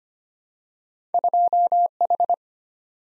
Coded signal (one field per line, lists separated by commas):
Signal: Morse code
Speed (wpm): 25 wpm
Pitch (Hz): 700 Hz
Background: none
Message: 2H